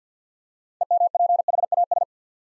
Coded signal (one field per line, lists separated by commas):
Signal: Morse code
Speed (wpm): 50 wpm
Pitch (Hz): 700 Hz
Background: none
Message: EMPHAS